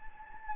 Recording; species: mosquito wingbeat signal from an infrared sensor; Anopheles gambiae